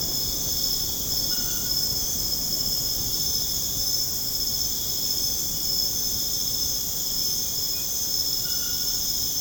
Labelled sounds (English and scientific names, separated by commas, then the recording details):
none
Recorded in dense forest near Puerto Asís, Putumayo, Colombia, on 29 June 2025 at 21:30
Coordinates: 0.486, -76.317
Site G065